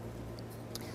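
The third latch, on the telescoping handlebar of a Bugaboo Donkey convertible double stroller, is closed to finish relocking the expanded frame. A faint tick comes at 0.4 seconds, then a soft click at 0.8 seconds as the latch clicks shut, over a steady low hum. The handlebar latch is seated.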